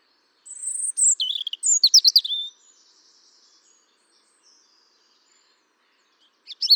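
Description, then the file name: European robin song: a thin high whistle, then a rapid cluster of sharp twittering notes, then quiet, with another phrase starting at the very end. "Erithacus rubecula"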